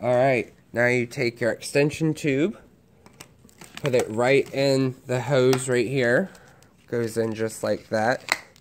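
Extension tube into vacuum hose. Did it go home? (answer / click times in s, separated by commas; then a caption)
no / none. Someone talks while pushing the plastic extension tube of a Dyson Ball Animal upright vacuum into its hose fitting, with a few faint, sharp ticks during a pause around 3.1 to 3.6 s. The tube is being handled and has not gone home; nothing has seated or clicked yet.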